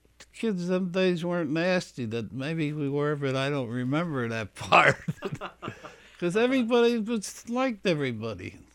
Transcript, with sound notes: No, kids them days weren't nasty. Maybe we were but I don't remember that part (they laugh) because everybody was, liked everybody.